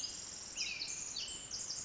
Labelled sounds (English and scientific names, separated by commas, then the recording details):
Pacific Wren (Troglodytes pacificus)
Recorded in Sonoma County, California